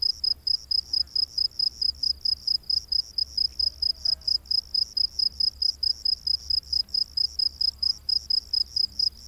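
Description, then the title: Cricket giving high, pulsing chirps in a regular rhythm. Crickets recorded during the day. "grillos de dia"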